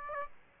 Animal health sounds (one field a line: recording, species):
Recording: mosquito wingbeat signal from an infrared sensor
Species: Aedes aegypti